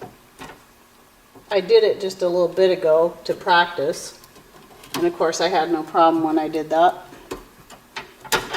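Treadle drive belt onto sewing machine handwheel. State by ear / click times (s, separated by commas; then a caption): seated / 8.3 s. A leather treadle belt is pushed around the groove of a treadle sewing machine's flywheel (handwheel) while someone talks. After a few small taps, a sharp snap at 8.3 seconds marks the belt seating on the wheel.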